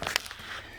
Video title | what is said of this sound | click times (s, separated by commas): Adventure off road trailer - mudguards & extendo hitch Ep.5 #2025 | there you go so you pull that back and then it rotates 90 degrees and locks into place | 0.2 s